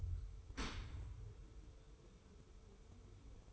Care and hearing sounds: daily activity, microphone in the room; open dishwasher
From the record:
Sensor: 1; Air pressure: 1015.0 hPa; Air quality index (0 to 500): 25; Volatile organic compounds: 0 ppm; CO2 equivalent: 500 ppm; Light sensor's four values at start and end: 13/30/12/13 and 13/30/12/13

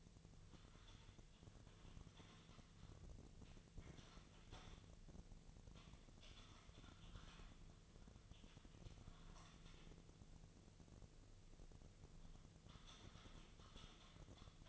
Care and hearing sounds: daily activity, microphone in the room; typing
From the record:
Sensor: 4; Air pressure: 1001.0 hPa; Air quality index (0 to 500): 141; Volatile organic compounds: 2 ppm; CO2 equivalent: 1041 ppm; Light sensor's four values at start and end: 27/64/27/28 and 26/64/26/28

